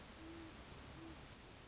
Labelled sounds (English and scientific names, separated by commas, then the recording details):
Great Horned Owl (Bubo virginianus)
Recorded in Sonoma County, California